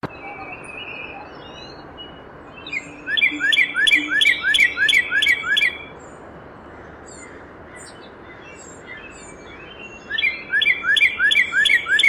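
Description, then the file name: Northern cardinal song: two bursts of quick repeated slurred whistles, about eight in the first, separated by a pause of several seconds. "noca"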